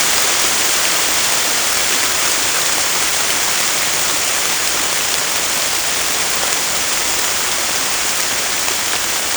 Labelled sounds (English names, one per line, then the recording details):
none
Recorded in secondary vegetation near Puerto Asís, Putumayo, Colombia, on 18 December 2024 at 23:00
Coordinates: 0.499, -76.323
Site G010